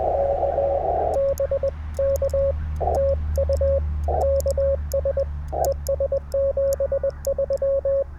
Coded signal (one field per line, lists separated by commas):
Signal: Morse code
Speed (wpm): 20 wpm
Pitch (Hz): 560 Hz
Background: radio noise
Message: K BK TU KS ES 73